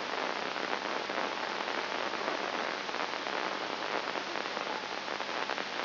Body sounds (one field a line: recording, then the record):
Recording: brain microelectrode recording played as sound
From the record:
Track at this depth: inside the subthalamic nucleus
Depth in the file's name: 5.5 mm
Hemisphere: left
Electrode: 2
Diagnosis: Parkinson's disease